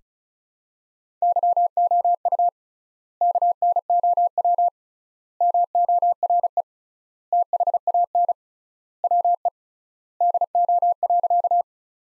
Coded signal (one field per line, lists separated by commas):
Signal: Morse code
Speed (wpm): 36 wpm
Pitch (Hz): 700 Hz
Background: none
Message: YOU KNOW MORE THAN WE DO.